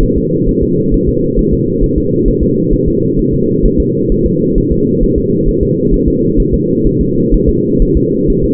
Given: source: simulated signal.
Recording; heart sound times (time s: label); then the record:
fetal heart sounds
0.03 s: S1
0.18 s: S2
0.49 s: S1
0.63 s: S2
0.94 s: S1
1.08 s: S2
1.39 s: S1
1.53 s: S2
1.84 s: S1
1.98 s: S2
2.28 s: S1
2.43 s: S2
2.73 s: S1
2.88 s: S2
3.19 s: S1
3.34 s: S2
3.65 s: S1
3.80 s: S2
4.12 s: S1
4.26 s: S2
4.58 s: S1
4.72 s: S2
5.04 s: S1
5.18 s: S2
5.49 s: S1
5.63 s: S2
5.94 s: S1
6.08 s: S2
6.40 s: S1
6.54 s: S2
6.87 s: S1
7.01 s: S2
7.34 s: S1
7.49 s: S2
7.82 s: S1
7.97 s: S2
8.30 s: S1
8.44 s: S2
From the record:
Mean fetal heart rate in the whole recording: 130 bpm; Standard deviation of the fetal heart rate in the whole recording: 4 bpm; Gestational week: 38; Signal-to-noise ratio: -11.2 dB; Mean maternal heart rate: 72 bpm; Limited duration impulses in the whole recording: present